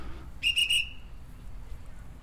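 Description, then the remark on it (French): A park guard's whistle in the Jardin des Plantes gives three quick, shrill blasts in a row at nightfall, the last trailing off briefly, over a low steady background rumble. “La nuit tombait quand j'ai entendu le sifflet du gardien.”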